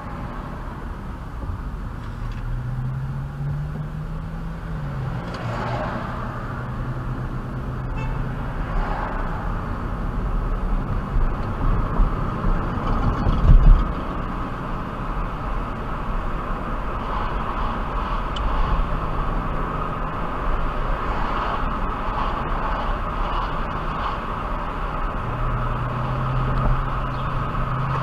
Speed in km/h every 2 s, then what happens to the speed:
11, 10, 15, 23, 31, 39, 42, 48, 50, 53, 56, 56, 56, 53.
3-20 speeds up to 56. 20-28 steady at about 56.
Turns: none.